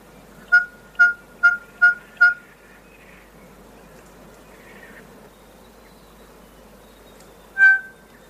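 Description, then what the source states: Kokako song: five clear, hollow notes repeated about every half second, a pause of several seconds, then one more matching note over a faint steady background hiss. Played on radio at a listener's request.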